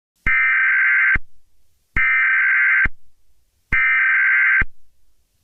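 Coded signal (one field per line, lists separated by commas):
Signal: Emergency Alert System (SAME) tones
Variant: header bursts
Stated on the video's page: Fictional EAS scenario, not a real alert.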